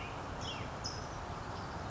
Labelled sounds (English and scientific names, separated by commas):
California Towhee (Melozone crissalis)